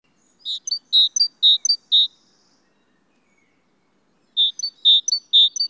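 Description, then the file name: Great tit song: a high, ringing two-note phrase repeated four times in quick succession, a pause of about two seconds, then three more phrases. "Parus major"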